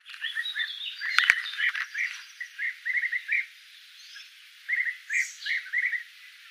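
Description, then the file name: European bee-eater giving rolling, liquid calls in short bursts, with a brief click near one second. Recorded at Leende, 21 June 2015. "Bijeneter Leende"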